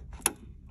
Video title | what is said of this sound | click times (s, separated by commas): Desktop Computers- How to reseat the RAM sticks (No display or video) | what you need to do is you need to press down on the top and you should hear a click | 0.3 s